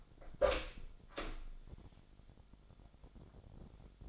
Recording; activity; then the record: daily activity, microphone in the room; open door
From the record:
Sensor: 5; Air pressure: 1007.1 hPa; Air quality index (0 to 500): 170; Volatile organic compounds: 4 ppm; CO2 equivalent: 1625 ppm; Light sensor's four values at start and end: 56/157/61/61 and 56/159/62/62